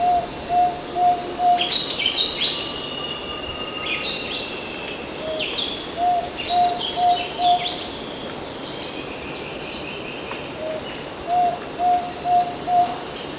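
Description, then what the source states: Fluffy-backed tit-babbler giving short bursts of repeated piping whistles on a single pitch, among chattering calls of other birds and a continuous high insect chorus. Recorded 1 March 2008.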